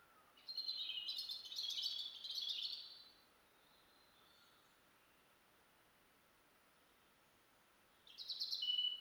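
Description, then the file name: European robin song: a rich, twittering phrase of quick high notes lasting about two and a half seconds, then silence, then another bright phrase begins. "Erithacus rubecula"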